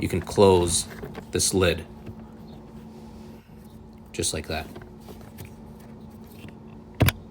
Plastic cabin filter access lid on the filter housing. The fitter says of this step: Just snaps back into place.